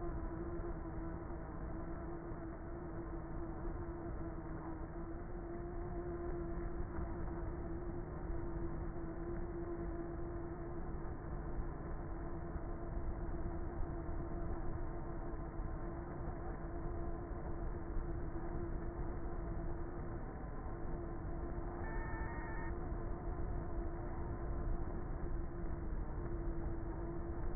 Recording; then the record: honeybee colony, microphone inside the hive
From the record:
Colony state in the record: queenless with a low population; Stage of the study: before two queens were removed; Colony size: about 30,000 bees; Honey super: no